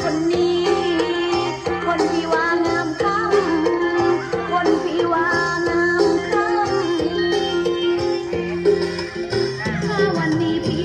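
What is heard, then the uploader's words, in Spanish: Music plays loudly and steadily where a group of women is dancing. A firm low bass line steps through short repeated notes about once a second under a held middle tone, while a bright melody winds above without pause. Caminando por Suratthani, una ciudad del sur a orillas del Golfo de Tailandia, encontramos un enorme parque público junto al agua. Muchas familias se reúnen para compartir y comer juntos, echarse a descansar bajo un templete o hacer ejercicio. Entre la vida que se escucha encontramos a un grupo de mujeres bailando.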